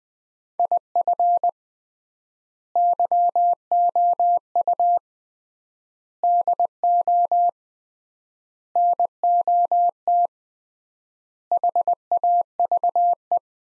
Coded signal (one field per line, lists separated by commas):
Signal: Morse code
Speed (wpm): 20 wpm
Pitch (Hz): 700 Hz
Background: none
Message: IF YOU DO NOT HAVE